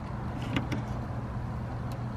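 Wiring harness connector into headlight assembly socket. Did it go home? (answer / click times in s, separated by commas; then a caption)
no / none. The bottom wiring harness connector of a Class C RV headlight assembly is handled and pushed toward its plastic socket, with two brief sharp ticks near 0.6 and 0.7 s over a steady low background hum. Nothing has seated or clicked yet; the connector is not yet home when the clip ends.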